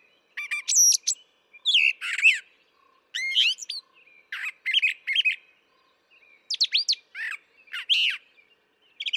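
Brown thrasher singing a run of rich, varied phrases, mostly doubled, mixing sweet slurred notes with harsher, scratchy ones, with short gaps between them.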